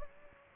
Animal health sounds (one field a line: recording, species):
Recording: mosquito wingbeat signal from an infrared sensor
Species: Aedes aegypti